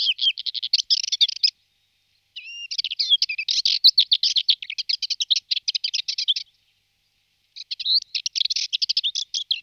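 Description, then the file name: Subalpine warbler song: rapid scratchy, chattering warbles high in pitch, delivered in long bursts of quick notes with short pauses between phrases; no other sounds. "Sterpazzolina"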